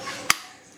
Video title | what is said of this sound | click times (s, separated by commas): weapons class SSgt Calhoun U S M C | click positive click that weapon is not going anywhere if you were to be assaulted | 0.3 s